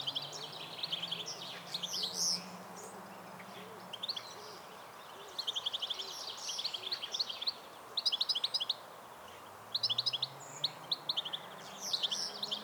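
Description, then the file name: European goldfinch calls: bright, high twittering notes, some in quick clusters, repeated throughout, with a low background hum. "Carduelis carduelis"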